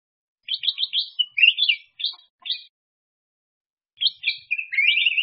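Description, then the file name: Bulbul with a quick string of clipped notes and warbles, a pause, then another slurred warbled phrase; no other sounds. "Tieng chao mao vang"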